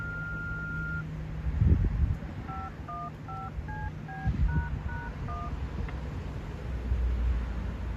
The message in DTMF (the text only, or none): 515CB##1